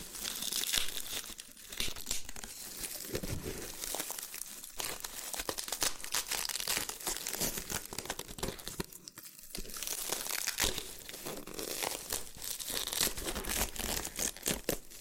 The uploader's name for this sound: Loofah Triggers with Intense Peeling & Popping Sounds